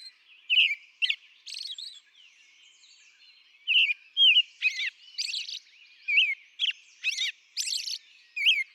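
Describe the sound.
American robin song with whistled phrases and high squeaky notes, a quiet spell early on, then denser singing toward the end.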